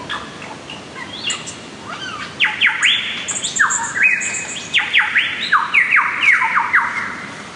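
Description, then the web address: Lyrebird song: quieter scattered notes at the start, then a series of loud, rapidly repeated rising whistled sweeps. Listener recording by Neil Duggan, Turrbulga National Park, Victoria. "earworm extra listener lyrebirds"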